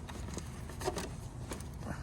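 A replacement plastic air vent trim piece is lined up on the dashboard of a Civic Type R, starting from one corner, and pressed in. Light taps and scrapes of handling are heard around 0.1, 0.4, 1.0 and 1.6 seconds over a low steady background rumble. Nothing has seated or clicked into place yet.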